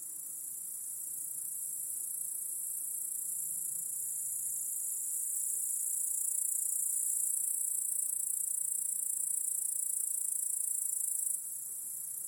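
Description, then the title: Crickets sing a sustained, high chorus that grows gradually louder, then drops abruptly near the end. Cricket chorus in a home backyard at night. "Crickets in Your Backyard. Discovering the Sounds of Home"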